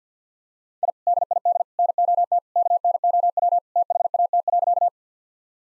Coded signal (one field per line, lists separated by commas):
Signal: Morse code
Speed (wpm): 50 wpm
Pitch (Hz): 700 Hz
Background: none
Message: I DID NOT KNOW THAT.